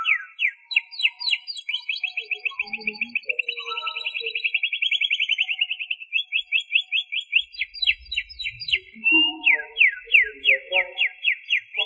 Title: Suara Kenari